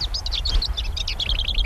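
A lesser whitethroat's rattling song in thorny scrub: a quick, steady run of dry, high notes on nearly one pitch, repeated without pause over a low, constant rumble.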